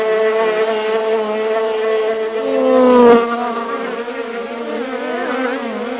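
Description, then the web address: Bee buzzing: a continuous droning hum whose pitch wavers and swoops up and down. Recorded at Lamorlaye; several bees. "Audiofaunique-lamorlaye abeille abeilles"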